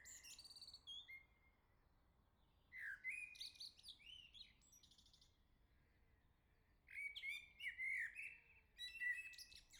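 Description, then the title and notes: Common blackbird song: rich fluting warbled phrases, each ending in squeaky high twitters, delivered in bursts separated by short pauses. Singing close by on the morning summer arrived, La Jarrie, France; recorded with SD MixPre-6 II, MS MKH40/30 in Cinela PIA2. "Le Merle salue l'été, 3 Gd Rue de Chassagne, 17220 La Jarrie, France. Quel Sol!!!! pour saluer l'arrivée de l'été ce matin! Merci Jolie Merle de tes vocalises à proximité!"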